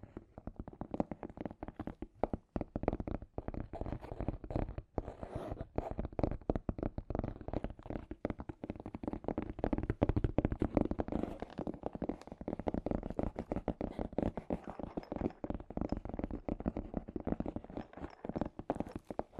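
Scratchy tapping runs continuously, a dense, irregular stream of quick rough clicks and scrapes with a low, rumbling body and steady loudness throughout.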